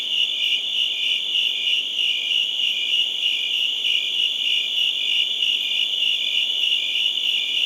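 Crickets give a continuous shrill chirping chorus, rhythmically throbbing, unchanging from start to end.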